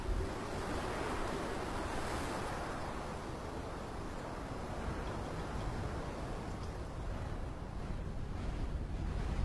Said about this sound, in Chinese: 打个简单比方，秦始皇出生的时候，《史记》有记载，说生他那天呢，炮炸雷轰，电闪雷鸣，山呼海啸，啊，夜夜大风。